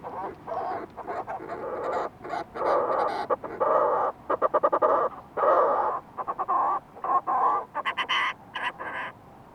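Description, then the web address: Fulmar prion calls: repeated harsh, buzzy phrases that break into quick stuttering pulses, sounding almost without pause over a soft hiss. "sound fulmar-prion. صدای-پرنده-پریان-بدبو"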